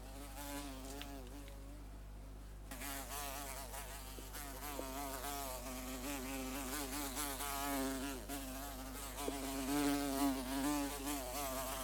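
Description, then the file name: Bumblebee buzzing, a continuous low droning hum that wavers in pitch and grows slightly louder toward the end after a brief quieter spell early on. "Insect Bumblebee Buzzing. lovewav"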